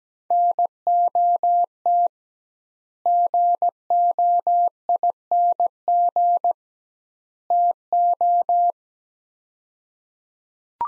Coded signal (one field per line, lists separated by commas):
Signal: Morse code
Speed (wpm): 17 wpm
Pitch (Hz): 700 Hz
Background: none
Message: NOT GOING TO